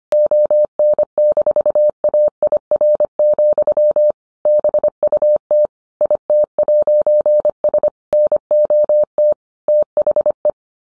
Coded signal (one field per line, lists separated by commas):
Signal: Morse code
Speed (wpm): 25 wpm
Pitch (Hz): 600 Hz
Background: none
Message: ON-AIR, BUT IT'S NOT THE